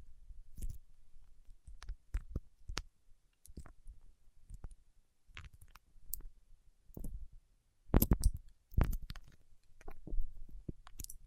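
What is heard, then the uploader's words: Wax being handled with fingertips makes a string of sharp, irregular clicks and crackles, coming every half second or so. Each tap has a dull low thump beneath a brief bright snap. Around the eight-second mark a denser, louder cluster of crackling stands out. ASMR with Wax Fingertips for Sleep (No Talking).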